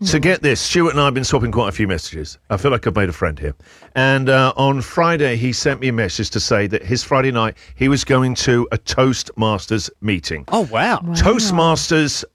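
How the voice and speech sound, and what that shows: An adult male radio host speaks fluently in a lively, conversational style, with a steady, mid-low voice and natural pauses between phrases. A brief 'oh, wow' exclamation interrupts. Normal fluent speech with no stuttering, hoarseness or slurring.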